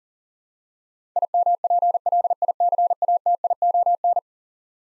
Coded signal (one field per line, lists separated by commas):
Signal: Morse code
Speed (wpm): 40 wpm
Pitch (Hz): 700 Hz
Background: none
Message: IMPLICATION